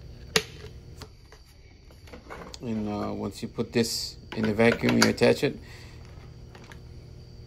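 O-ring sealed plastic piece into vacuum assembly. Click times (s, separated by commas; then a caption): 0.4 s. A plastic piece with a black o-ring is lined up and pushed into the assembly of a BISSELL CleanView Compact Upright Vacuum, snapping into place with a sharp click at 0.4 s. A few faint ticks and taps follow, and someone talks in the middle of the clip. The piece is seated.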